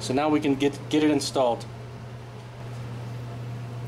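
A cabin air filter for a 2004 Honda Accord (2003–2007 similar) is picked up and lined up at the opening of the HVAC filter housing before being slid in. Someone talks during the first 1.6 seconds over a steady low hum, then only the hum and faint handling remain. Nothing has clicked or seated yet.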